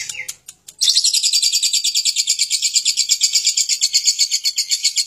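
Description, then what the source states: Lovebird: a few sharp clicks and knocks, then a lovebird launches into a sustained high rapid chatter of buzzy pulses lasting to the end. Lovebird giving a long ngekek chattering song.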